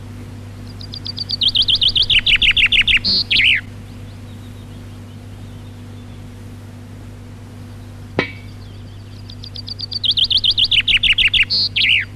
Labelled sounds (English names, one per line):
Common Chaffinch song